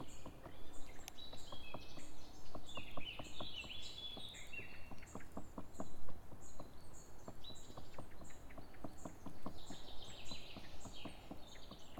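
Sharp knocks of a woodpecker on a tree trunk come in irregular bursts throughout, over steady low rumble and scattered high bird chirps.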